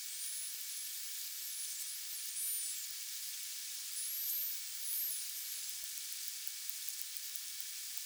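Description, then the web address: Common dolphin whistles: thin, high sweeping tones rising and falling, over steady hissing water noise with faint clicks. "cibra D delphis"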